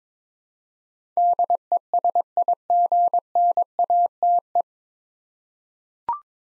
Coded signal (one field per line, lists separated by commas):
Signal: Morse code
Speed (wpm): 22 wpm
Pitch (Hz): 700 Hz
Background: none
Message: DESIGNATE